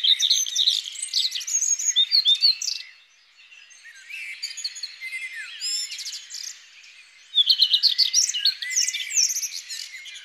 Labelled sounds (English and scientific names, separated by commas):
Common Redstart (Phoenicurus phoenicurus) song